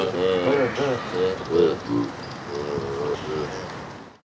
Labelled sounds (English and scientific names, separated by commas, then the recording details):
Hamadryas Baboon (Papio hamadryas)
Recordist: Tembrock, Günter
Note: Laute bei Fellpflege